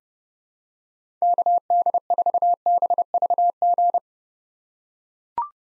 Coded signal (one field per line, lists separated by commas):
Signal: Morse code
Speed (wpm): 30 wpm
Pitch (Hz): 700 Hz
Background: none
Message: KD4BVG